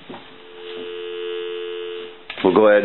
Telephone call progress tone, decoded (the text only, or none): dial tone